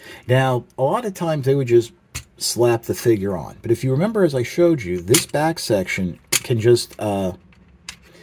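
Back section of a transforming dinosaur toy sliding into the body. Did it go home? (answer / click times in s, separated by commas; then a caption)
yes / 7.9 s. Someone talks while the back section of a plastic transforming dinosaur toy is slid up into the body. It locks into place with a short, sharp plastic click at 7.9 s.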